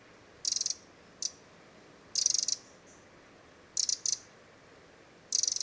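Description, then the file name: Eurasian wren giving short, dry, high rattles, one very brief, repeated at uneven intervals over quiet background hiss. "Troglodytes troglodytes"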